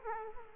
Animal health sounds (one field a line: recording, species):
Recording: mosquito wingbeat signal from an infrared sensor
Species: Aedes aegypti